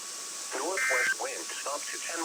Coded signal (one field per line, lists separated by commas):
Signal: Emergency Alert System (SAME) tones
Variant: end-of-message bursts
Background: speech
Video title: Monthly and Weekly Tests Madness (EAS #17497-17515) 4/9-10/24